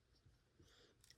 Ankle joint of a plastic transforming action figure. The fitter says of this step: and then oh my god ankle tilt which clicks into place